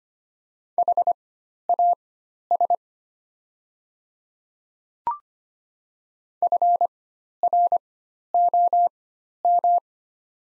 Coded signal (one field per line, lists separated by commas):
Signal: Morse code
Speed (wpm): 25 wpm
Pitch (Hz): 700 Hz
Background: none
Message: HAS FROM